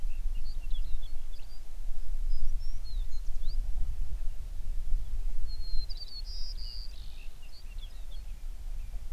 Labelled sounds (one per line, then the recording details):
songbird
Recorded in the Prudhoe Bay oil fields, Alaska, on 11 June 2019 at 05:01
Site 21